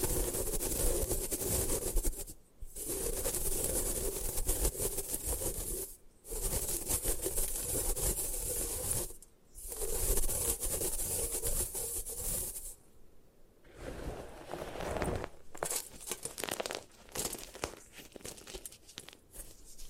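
Gym chalk is crushed and ground in long, dense, gritty scraping passes, each lasting a few seconds and separated by brief pauses near 2.5, 6, 9 and 13 seconds. After the last pause the grinding turns choppier, breaking into shorter, uneven scrapes.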